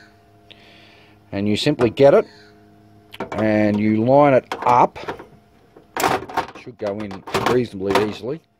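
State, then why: Not seated. A hard disk with screws fitted at the front and back is lined up and slid toward the drive bay of an xw4400 workstation while someone talks throughout, with faint handling bumps around 0.5 s and 6.3 s. The clip ends before the drive goes home; nothing has seated or clicked yet.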